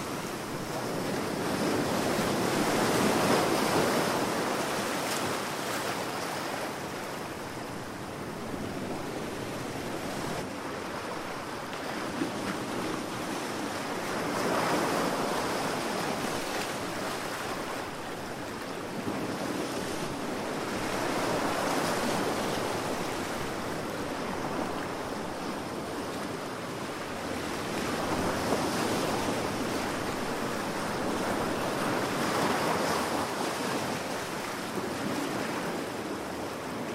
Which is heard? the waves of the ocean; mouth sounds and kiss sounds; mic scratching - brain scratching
the waves of the ocean